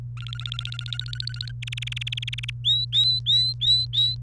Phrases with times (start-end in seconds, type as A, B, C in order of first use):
0.17-1.52 A, 1.62-2.50 B, 2.64-4.15 C